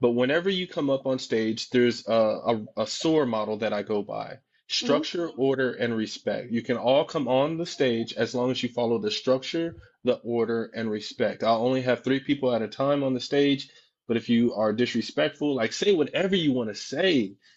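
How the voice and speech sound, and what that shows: An adult man speaks fluently and clearly at a conversational pace, with a mid-low, steady voice and only brief pauses between phrases. He explains rules for joining a stage. Articulation and voice quality are ordinary, with no signs of a speech disorder.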